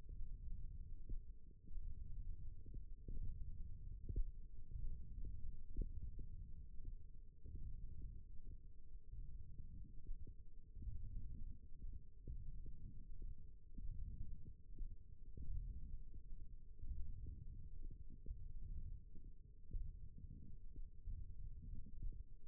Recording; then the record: forearm muscle sounds (acoustic myography)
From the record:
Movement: index flexion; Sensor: system 1, eight BSWA MPA416 microphones around the upper forearm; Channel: 2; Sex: female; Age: 21 years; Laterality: right